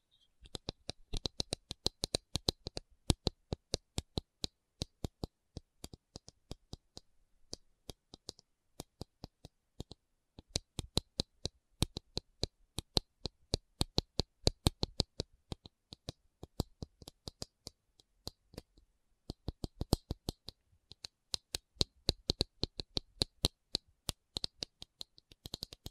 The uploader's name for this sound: Tapping Session (No Talking)